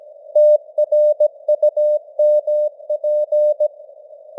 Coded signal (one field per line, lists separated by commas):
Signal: Morse code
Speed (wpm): 17 wpm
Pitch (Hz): 600 Hz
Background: none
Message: TRUMP